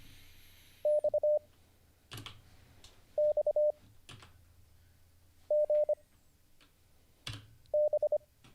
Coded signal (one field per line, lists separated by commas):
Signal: Morse code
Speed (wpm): 25 wpm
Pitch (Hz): 600 Hz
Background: none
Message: XXGB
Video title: How to Learn Morse Code (Day 38) [Livestream]